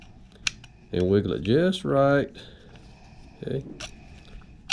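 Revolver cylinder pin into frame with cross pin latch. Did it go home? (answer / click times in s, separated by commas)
yes / 4.7 s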